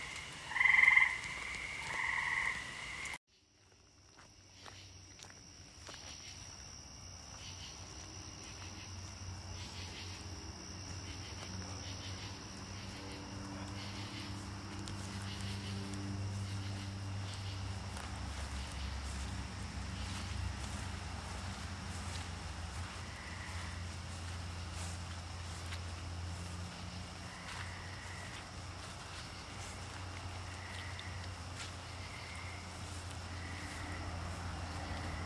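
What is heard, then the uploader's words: Outdoor nature sounds after a rainstorm open with a few loud, bright chirps, then cut abruptly to a quieter, steady backdrop. A low rumble and a thin, high insect-like whine persist, while faint croaks or calls return every few seconds later on. Ribbit ribbit. Nature after rain storm.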